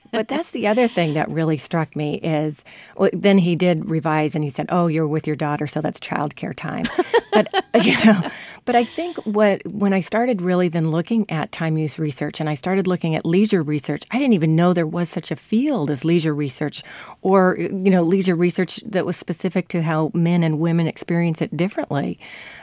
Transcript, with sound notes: But that's the other thing that really struck me, is - then he did revise, and he said, oh, you were with your daughter, so that's child care time.
(LAUGHTER)
But, you know, but I think when I started really then looking at time use research, and I started looking at leisure research, I didn't even know there was such a field as leisure research or, you know, leisure research that was specific to how men and women experience it differently.